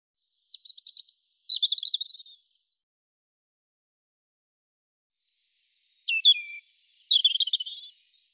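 European robin song: two high warbling phrases, one opening with a rapid stuttering trill, the other with thin sliding whistles, separated by about three seconds of silence.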